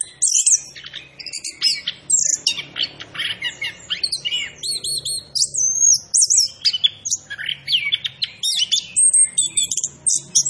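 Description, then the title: Orange-headed thrush song, a fast continuous run of varied whistles, slurred notes and buzzy trills, tumbling between high and very high pitches with barely a pause. Local name anis kembang; described as gacor, a bird singing persistently; variant called macan. "Anis Kembang Gacor 8. Suara Anis Kembang Macan"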